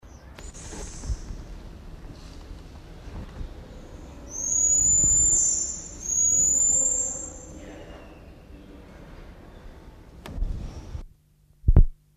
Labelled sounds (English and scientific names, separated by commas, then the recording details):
Common Marmoset (Callithrix jacchus) call
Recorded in captivity
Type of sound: call
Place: Zoo Berlin, Berlin, DE
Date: 1994-02-11 11:02
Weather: Bedeckt, 4°C
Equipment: Marantz CP 130, Sennheiser ME 80, Kopie Uher Variocord 263
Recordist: Tembrock, Günter
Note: 2 Langlaute